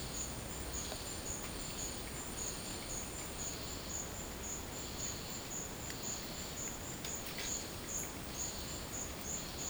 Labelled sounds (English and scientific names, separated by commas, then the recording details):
none
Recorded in dense forest near Puerto Asís, Putumayo, Colombia, on 19 March 2025 at 12:00
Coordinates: 0.500, -76.322
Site GP06